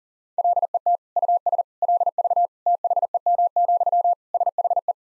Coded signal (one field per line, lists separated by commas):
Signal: Morse code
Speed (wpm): 37 wpm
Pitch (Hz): 700 Hz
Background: none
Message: LET US LV THEM, SHE